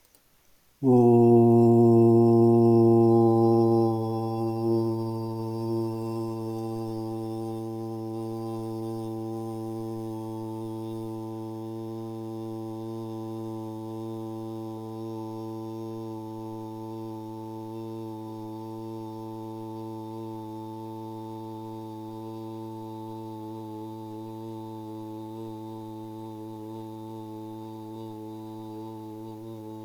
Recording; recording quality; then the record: sustained vowel as in boot; excellent, no background noise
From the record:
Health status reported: healthy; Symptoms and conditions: none ticked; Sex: male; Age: 38 years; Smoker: not ticked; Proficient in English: yes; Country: India